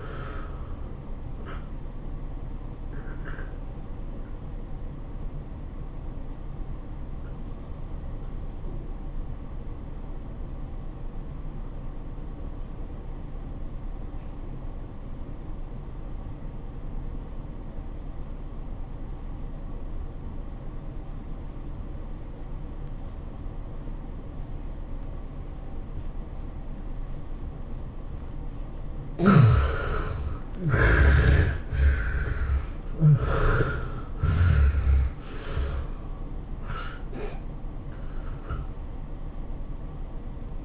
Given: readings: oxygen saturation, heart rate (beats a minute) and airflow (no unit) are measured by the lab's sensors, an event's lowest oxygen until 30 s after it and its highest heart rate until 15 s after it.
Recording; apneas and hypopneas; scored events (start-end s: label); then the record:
breathing in sleep by a smartphone at the bedside; 1
4.00-28.10 s: hypopnea (N1, oxygen 95% highest, then 69% lowest, heart rate 104 at the start, 108 highest)
9.00-39.00 s: new sleep stage, N2 (light sleep)
39.00-40.65 s: new sleep stage, N1 (lightest sleep)
From the record:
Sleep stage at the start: N1 (lightest sleep); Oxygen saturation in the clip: 73 to 95%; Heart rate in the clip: 82 to 108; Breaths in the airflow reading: 5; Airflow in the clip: -20.0 to 16.1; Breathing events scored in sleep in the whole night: 403 in 5.5 hours asleep